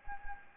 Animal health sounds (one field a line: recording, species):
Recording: mosquito wingbeat signal from an infrared sensor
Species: Anopheles gambiae